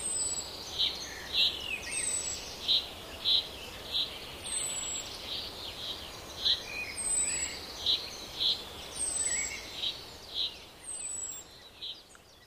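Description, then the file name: Common chaffinch giving brief sharp call notes in quick repeated series, interspersed with thin, high, falling whistles, over continuous background hiss. "Fringilla coelebs"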